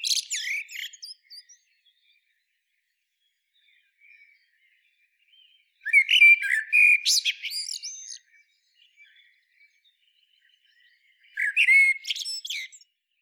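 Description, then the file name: Eurasian blackbird singing mellow warbled phrases that break into high scratchy twittering. Three phrases are heard with quiet gaps of several seconds between them. "Turdus merula"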